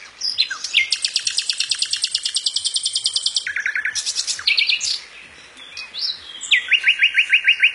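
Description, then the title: Songbird song: a long, rapid run of high trilled notes, a lower whistled phrase and more high notes, a brief pause, then a quick series of chirps. Songbird songs used for training songbirds. "Master Burung Kicau"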